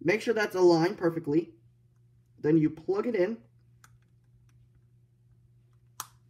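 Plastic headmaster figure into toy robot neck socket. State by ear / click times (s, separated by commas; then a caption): seated / 6.0 s. Someone talks while lining up a small plastic headmaster figure, then pushes it into the neck socket of a Transformers Headmasters Mindwipe toy robot. After a quiet stretch with a couple of faint ticks, a sharp snap at 6.0 s marks the head seating onto the body.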